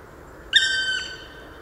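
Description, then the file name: Black woodpecker giving a single drawn-out, plaintive note with rich harmonics, steady in pitch and then fading, over quiet background hiss. Recorded on 6 December 2014 in a park garden in Landshut. "Schwarzspecht 06 12 2014 Hofgarten Landshut LA Susanne Rieck"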